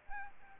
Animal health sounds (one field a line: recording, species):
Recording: mosquito wingbeat signal from an infrared sensor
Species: Aedes aegypti